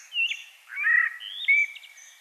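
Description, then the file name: Common blackbird with a short warble of slurred, fluty whistles. "Turdus merula"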